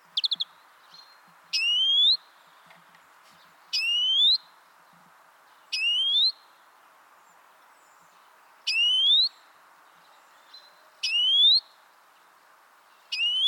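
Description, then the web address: European greenfinch repeating a rising, whistled call with a sharp upward sweep, given every two to three seconds in a steady series. "pub SETE data Chloris chloris"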